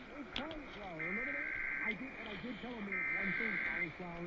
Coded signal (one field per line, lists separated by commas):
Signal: Emergency Alert System (SAME) tones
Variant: header bursts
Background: speech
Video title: FINALLY CATCHING BACK UP... EAS Tests from October 2025 (EAS #6,384 - 6,444)